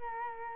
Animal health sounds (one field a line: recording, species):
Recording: mosquito wingbeat signal from an infrared sensor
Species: Culex quinquefasciatus